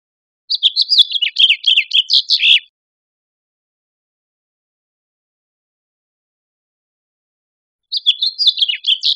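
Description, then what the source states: House finch song, two quick warbled phrases of tumbling chirped notes separated by a long silence. Recorded in Costa Rica.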